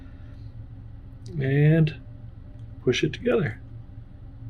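A 3D-printed PETG widening ring is being pushed together onto one half of an RC drag wheel while someone talks over a low, steady background rumble. Nothing has seated or clicked yet; the ring is still being handled and is not yet home.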